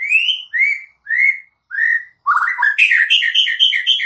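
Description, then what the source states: White-rumped shama song: four clear whistles, then a fast, jumbled run of rich, warbling notes. Recording used as a lure for trapping birds (pikat); voice described as strong.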